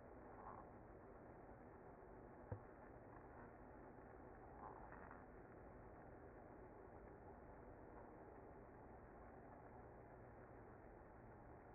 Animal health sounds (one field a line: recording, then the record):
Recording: honeybee colony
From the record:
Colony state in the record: active